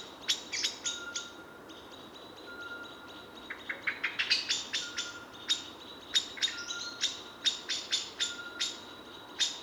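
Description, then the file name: Common blackbird chinking: sharp, clipped notes come sparsely at first, then in quicker runs, with a thin steady tone underneath. "Turdus merula"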